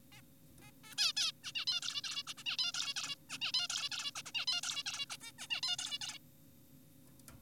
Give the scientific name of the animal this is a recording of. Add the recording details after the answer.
Taeniopygia guttata. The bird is an adult. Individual g4p5U